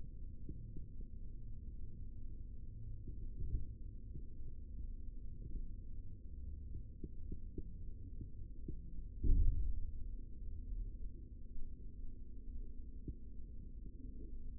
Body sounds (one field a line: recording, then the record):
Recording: forearm muscle sounds (acoustic myography)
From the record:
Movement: rest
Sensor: system 3, bracelet of six PUI Audio POM-2738L microphones around the upper forearm, with dedicated amplification and filtering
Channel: 5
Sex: male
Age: 23 years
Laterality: right